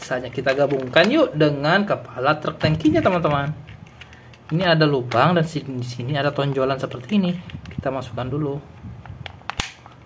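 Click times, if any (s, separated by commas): 9.5 s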